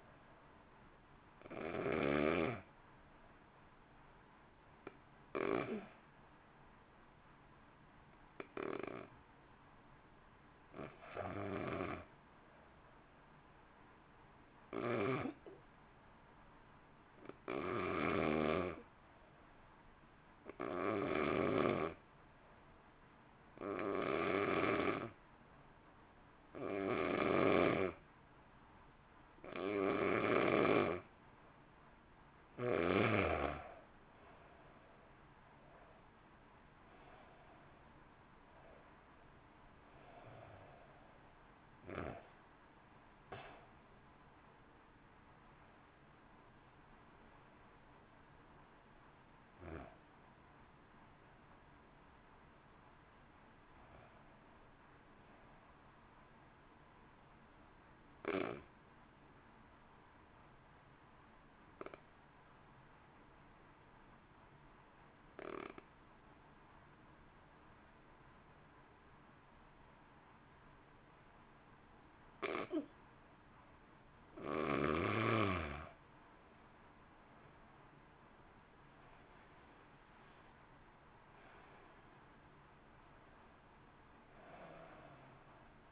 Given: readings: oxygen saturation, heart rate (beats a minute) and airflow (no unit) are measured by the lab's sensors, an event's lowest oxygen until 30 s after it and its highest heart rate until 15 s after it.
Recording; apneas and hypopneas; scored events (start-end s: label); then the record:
breathing in sleep by a voice recorder at the bedside; 2
4.00-34.00 s: new sleep stage, N2 (light sleep)
5.00-35.30 s: hypopnea (N2, oxygen 95% highest, then 86% lowest, heart rate 53 at the start, 61 highest)
34.00-64.00 s: new sleep stage, N1 (lightest sleep)
60.00-74.00 s: obstructive apnea (N1, oxygen 96% highest, then 85% lowest, heart rate 52 at the start, 66 highest)
64.00-85.92 s: new sleep stage, N2 (light sleep)
From the record:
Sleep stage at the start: N1 (lightest sleep); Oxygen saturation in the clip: 86 to 96%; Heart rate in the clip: 50 to 66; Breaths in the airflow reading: 24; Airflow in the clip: -1.5 to 2.0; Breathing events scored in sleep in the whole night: 328 in 6.3 hours asleep